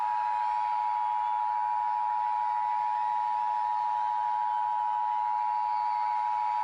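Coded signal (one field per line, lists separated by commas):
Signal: Emergency Alert System (SAME) tones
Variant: 853 and 960 Hz attention tone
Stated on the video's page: Fictional EAS scenario about a comet impact, not a real alert.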